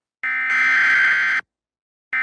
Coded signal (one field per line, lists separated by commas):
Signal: Emergency Alert System (SAME) tones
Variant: header bursts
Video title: Big run splatoon 3 eas scenario